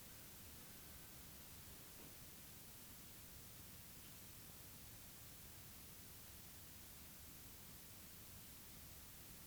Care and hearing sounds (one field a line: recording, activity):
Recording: daily activity, guitar pickup as the sensor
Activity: lie down